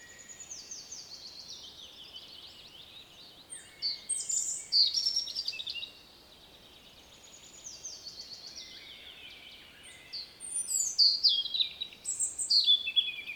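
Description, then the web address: European robin song in several high, tinkling, varied phrases separated by short pauses of a second or two, with a soft background hiss. "SETE data Erithacus rubecula"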